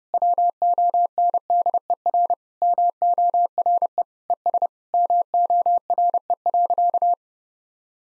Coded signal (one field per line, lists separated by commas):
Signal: Morse code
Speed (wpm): 30 wpm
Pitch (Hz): 700 Hz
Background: none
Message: WONDER MORE ES MORE.